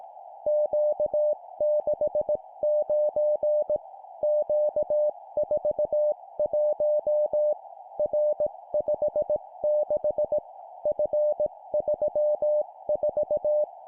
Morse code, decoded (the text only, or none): Q69 Q41 R56 F34